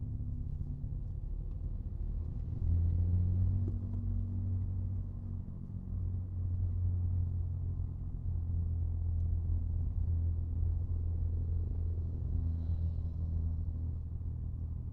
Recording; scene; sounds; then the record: everyday scene through a hearing-aid microphone; in a vehicle; engine, rumble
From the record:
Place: Skoda Fabia, gasoline engine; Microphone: in the ear canal, right